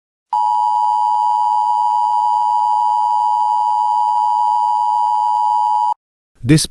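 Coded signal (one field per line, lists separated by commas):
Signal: Emergency Alert System (SAME) tones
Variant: 853 and 960 Hz attention tone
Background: speech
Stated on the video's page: Fictional EAS tornado emergency, not a real event.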